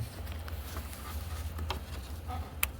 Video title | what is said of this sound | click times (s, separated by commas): 2008-12 Chevrolet Malibu LS 3.5L LOW BEAM replacement | And you're going to hear a click and it'll be firm. It should not pull straight out. | 2.6 s